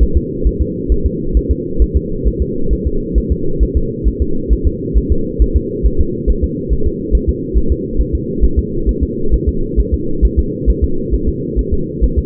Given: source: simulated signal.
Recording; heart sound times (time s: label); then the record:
fetal heart sounds
0.03 s: S1
0.17 s: S2
0.47 s: S1
0.62 s: S2
0.92 s: S1
1.06 s: S2
1.37 s: S1
1.51 s: S2
1.82 s: S1
1.97 s: S2
2.28 s: S1
2.42 s: S2
2.73 s: S1
2.87 s: S2
3.18 s: S1
3.32 s: S2
3.63 s: S1
3.77 s: S2
4.08 s: S1
4.22 s: S2
4.53 s: S1
4.67 s: S2
4.97 s: S1
5.12 s: S2
5.42 s: S1
5.57 s: S2
5.86 s: S1
6.01 s: S2
6.30 s: S1
6.44 s: S2
6.73 s: S1
6.87 s: S2
7.15 s: S1
7.29 s: S2
7.58 s: S1
7.72 s: S2
8.01 s: S1
8.15 s: S2
8.44 s: S1
8.59 s: S2
8.89 s: S1
9.03 s: S2
9.34 s: S1
9.49 s: S2
9.80 s: S1
9.94 s: S2
10.25 s: S1
10.39 s: S2
10.70 s: S1
10.84 s: S2
11.14 s: S1
11.29 s: S2
11.59 s: S1
11.74 s: S2
12.04 s: S1
12.19 s: S2
From the record:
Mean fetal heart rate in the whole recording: 135 bpm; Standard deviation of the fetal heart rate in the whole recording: 3 bpm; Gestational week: 34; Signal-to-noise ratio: -8.1 dB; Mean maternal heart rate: 72 bpm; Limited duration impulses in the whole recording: absent